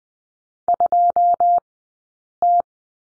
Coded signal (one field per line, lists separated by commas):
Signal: Morse code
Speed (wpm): 20 wpm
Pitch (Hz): 700 Hz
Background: none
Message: 2T